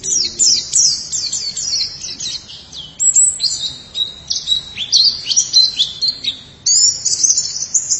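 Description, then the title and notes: White-eye song: a long, rapid run of high, thin chirps and twittering notes with quick downslurs, almost continuous with brief gaps. "Suara kicauan burung pleci"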